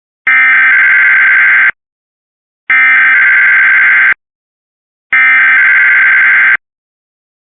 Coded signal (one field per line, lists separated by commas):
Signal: Emergency Alert System (SAME) tones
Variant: header bursts